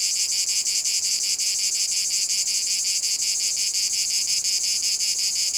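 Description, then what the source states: Cicada buzzing, a harsh high drone with loosely spaced pulses and a steady insect chorus underneath. Cicadas in a field at Domaine de la Sablière, Saint-Privat-de-Champclos, France; recorded with a Zoom H6 and M/S microphone.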